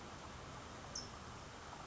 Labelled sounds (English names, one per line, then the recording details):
California Towhee
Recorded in Sonoma County, California